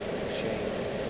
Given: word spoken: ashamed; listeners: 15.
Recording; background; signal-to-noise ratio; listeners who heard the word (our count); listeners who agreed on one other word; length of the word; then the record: one English word in noise, from a listening test; speech-shaped noise; -6.7 dB; 0 of 15; 8 of 15; 0.70 s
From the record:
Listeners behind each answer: 8, 2, 2, 1, 1, 1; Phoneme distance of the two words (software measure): 37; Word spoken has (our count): 2 syllables, 5 phonemes, stress on syllable 2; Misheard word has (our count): 1 syllable, 4 phonemes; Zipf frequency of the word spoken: 4.01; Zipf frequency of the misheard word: 5.49